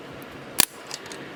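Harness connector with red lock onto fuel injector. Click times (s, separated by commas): 0.6 s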